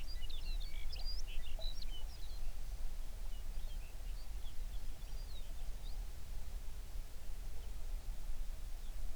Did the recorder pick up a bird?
yes